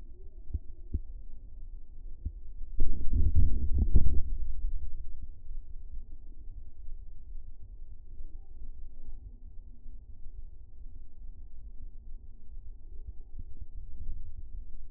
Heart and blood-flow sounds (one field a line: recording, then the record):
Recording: fetal heart sounds by stethoscope on the mother's abdomen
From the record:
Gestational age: 38 weeks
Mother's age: 37 years